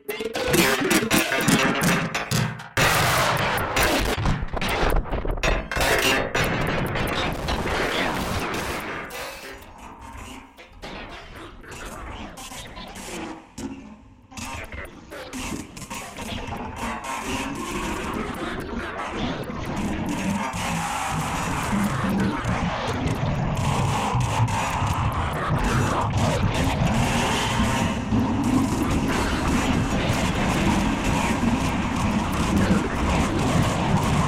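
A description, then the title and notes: Sporadic percussive textures, with sharp hits scattered unevenly over a dense, rumbling bed. The first few seconds are loud and choppy, then things thin out and quieten around ten to fifteen seconds before building back into a steady, thick wash of noise. Experimental Textures with Percussion Modules and Burst Generators. In this episode we trigger the Kraken and BIA with burst generators to create sporadic percussive textures which are then run through a plethora of FX modules!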